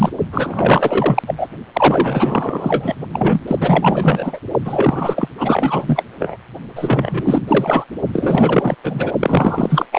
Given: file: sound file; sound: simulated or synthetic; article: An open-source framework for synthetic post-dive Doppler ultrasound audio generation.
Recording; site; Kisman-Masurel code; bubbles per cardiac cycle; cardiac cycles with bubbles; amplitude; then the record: Doppler ultrasound audio after a dive; precordial; 444; continuous sound; 100%; maximal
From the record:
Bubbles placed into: partial cardiac cycles